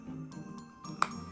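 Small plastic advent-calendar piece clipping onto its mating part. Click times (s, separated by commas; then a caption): 1.0 s. A small plastic piece from an advent calendar is pressed onto its mating part over quiet background music, and a single sharp click sounds at 1.0 s. The piece clips together and seats, though what it is for is not known.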